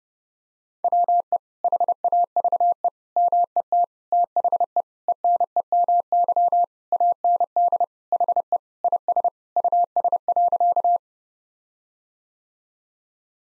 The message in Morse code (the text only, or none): WE HAVE MET THE ENEMY AND HE IS US.